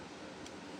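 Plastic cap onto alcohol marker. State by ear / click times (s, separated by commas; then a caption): not seated / none. A plastic cap is being pushed back onto an alcohol-based marker, which needs to click shut to keep the marker from drying out. Over a steady background hiss there is a brief faint handling sound at about 0.5 s. Nothing has clicked or seated yet.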